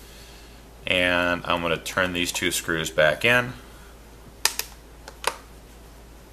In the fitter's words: snapping those in place as they begin to draw down